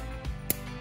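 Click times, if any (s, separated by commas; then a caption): 0.5 s. The red battery lead connector halves of a Lamborghini Aventador SVJ ride-on toy car are paired and pushed into the car's wiring connector over music playing in the background. The push-button latch clicks sharply at 0.5 s, followed by a softer sound near 0.8 s, and the connector is seated.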